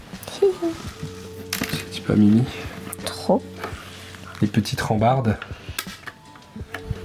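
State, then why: Seated. Someone talks while small plastic railing pieces are pressed onto a LEGO tree brick model, with faint music in the background. Two sharp clicks at 5.8 s and 6.8 s mark the railings snapping into place, and they are seated.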